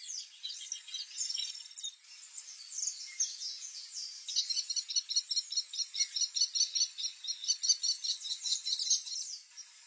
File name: canto do kestrel